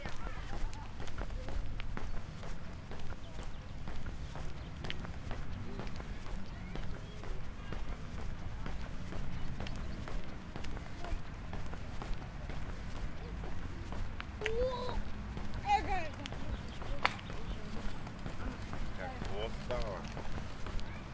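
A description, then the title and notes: A walk through Tivoli Park in Ljubljana, with steady footsteps crunching along a path at a regular pace. Voices murmur in the background, and a few short bird calls or chirps pop up around the middle and later part, over a low, constant rumble. Out of the Woods, Into the City. A walk from the top of Tivoli Park to Prešernova Cesta in Ljubljana, Slovenia.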